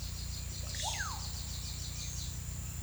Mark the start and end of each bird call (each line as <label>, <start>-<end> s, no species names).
bird call, 0.00-2.35 s